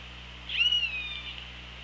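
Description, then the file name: Orca call: one loud harmonic tone that rises briefly, then bends down and fades, set against steady hydrophone hiss and a low droning hum. Hydrophone, 24 August 2017, 15:57:36. "Orca Lab"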